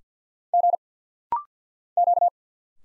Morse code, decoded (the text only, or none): G Q